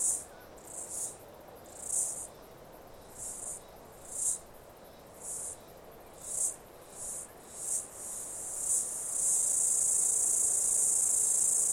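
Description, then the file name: Cicada call: a series of short, shrill, high bursts at irregular intervals, then a loud unbroken shrill drone. Australian cicada call, stereo. "INSECTS CIDADAS AUSTRALIAN CALL"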